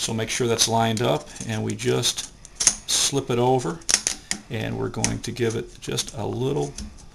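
The metal outer shell of a lamp socket, with its cardboard insulating insert, is lined up and slipped over the socket toward the socket cap while someone talks. A few short metallic taps are heard around 2.5–2.7 s, but the shell has not yet been pushed home. Nothing has snapped or seated by the end of the clip.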